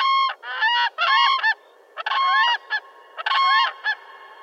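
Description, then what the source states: Whooping Crane calls, loud harmonic whooping notes in several bursts with short gaps between them. The call that gave the species its name.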